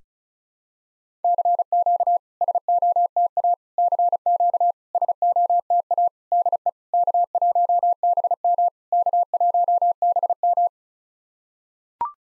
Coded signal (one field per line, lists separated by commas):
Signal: Morse code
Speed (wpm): 36 wpm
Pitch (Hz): 700 Hz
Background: none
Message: CQ SOTA CQ SOTA DE K1BM K1BM